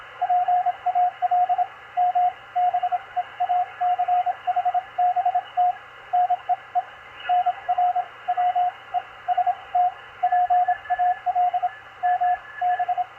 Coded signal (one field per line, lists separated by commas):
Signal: Morse code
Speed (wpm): 26 wpm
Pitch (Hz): 720 Hz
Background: radio noise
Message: PALM BEACH BT NEE NR WEST PALM B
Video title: DECODING MORSE CODE ON 20M - MACHILITE DSP SDR RECEIVER 9-16-2021